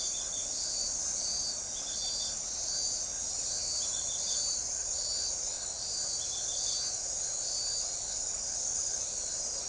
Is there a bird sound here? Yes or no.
no